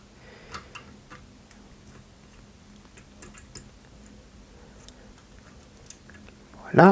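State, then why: Not seated. Plastic part no. 2 of a 1/8 scale Citroën 2CV AZLP model's rear suspension is positioned inside its rear half-axle housing, with small tick-like handling sounds at about 0.6, 1.5, 3.2, 3.6, 4.9 and 5.9 seconds and a louder burst near the end as someone talks. The part is only lined up so far, and nothing has clipped in yet.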